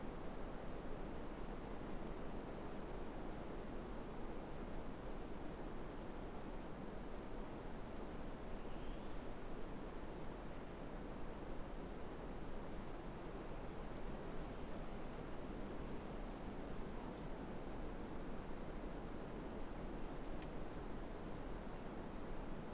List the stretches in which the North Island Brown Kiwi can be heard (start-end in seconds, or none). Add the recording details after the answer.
none. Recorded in New Zealand on 3 December 2015. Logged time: 00:13. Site BZ73